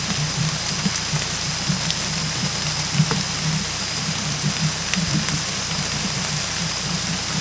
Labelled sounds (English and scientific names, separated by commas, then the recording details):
none
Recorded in dense forest near Puerto Asís, Putumayo, Colombia, on 18 December 2024 at 23:30
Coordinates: 0.467, -76.328
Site GP05